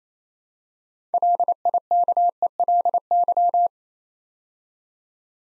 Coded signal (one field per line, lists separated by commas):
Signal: Morse code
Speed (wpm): 29 wpm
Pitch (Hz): 700 Hz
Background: none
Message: LIKELY